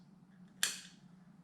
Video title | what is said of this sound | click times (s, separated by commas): Showa adjustable fork seal replacement 41 and 43mm Ducati 1991 - 2013 or so, in this case an ST4S | the seal's in far enough, which it has. It's all snapped in. | 0.6 s